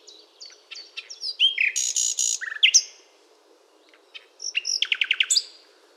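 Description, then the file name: Common nightingale phrase of chirps building into a loud buzzy burst and falling notes, a pause, then a run of rapid repeated notes; faint background hum. "Luscinia megarhynchos"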